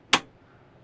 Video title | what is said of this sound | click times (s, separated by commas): EcoFlow Wave Portable Air Conditioner - Off Grid Van Life - Lets Escape Together | You just slide it till it clicks, and | 0.1 s